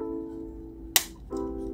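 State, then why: Seated. A metal rod for the remap back buttons of an eXtremeRate Rise Remap Kit is pressed into its plastic holder spots on the back-button module of a PS5 controller (BDM-010), where it holds the buttons in place. Over steady background music, one sharp, bright click sounds at 1.0 s as the rod seats in its holder.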